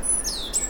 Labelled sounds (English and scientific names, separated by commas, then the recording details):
Stitchbird (Notiomystis cincta) song
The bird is a male
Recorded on Tiritiri Matangi Island, New Zealand, in 2005
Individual 1, of nest box 1